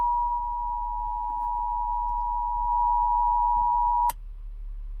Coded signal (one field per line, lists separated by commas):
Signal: Emergency Alert System (SAME) tones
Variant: 853 and 960 Hz attention tone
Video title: SiriusXM Required Monthly Test (EAS #628) 7/19/23